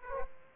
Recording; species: mosquito wingbeat signal from an infrared sensor; Aedes aegypti